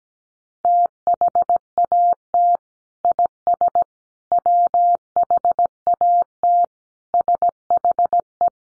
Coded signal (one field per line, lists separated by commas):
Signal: Morse code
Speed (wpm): 17 wpm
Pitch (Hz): 700 Hz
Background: none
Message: THAT IS WHAT SHE